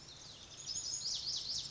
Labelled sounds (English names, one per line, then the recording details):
Lazuli Bunting
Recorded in Sonoma County, California